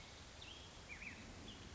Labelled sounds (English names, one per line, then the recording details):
Black-headed Grosbeak
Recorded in Sonoma County, California